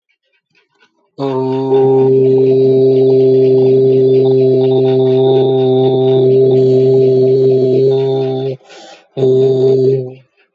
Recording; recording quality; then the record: sustained vowel as in boot; excellent, no background noise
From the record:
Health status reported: COVID-19 positive, moderate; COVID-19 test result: positive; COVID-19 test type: RT-PCR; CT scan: not taken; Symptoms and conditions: cough, cold, fever, fatigue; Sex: male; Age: 35 years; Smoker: no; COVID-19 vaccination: both doses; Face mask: not worn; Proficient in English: yes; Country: India